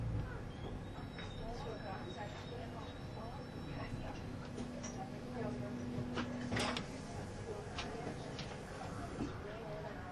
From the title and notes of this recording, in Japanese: SBB線 ICN10022レ01 Lugano～(Göschenen)。スイスでは主力の車体傾斜車両であるRABDe500形ICN、その本領を発揮するゴッタルド線の列車を収録したものです。音の旅(走行音)。収録年月:2013,05。